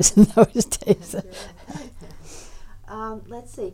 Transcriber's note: she laughs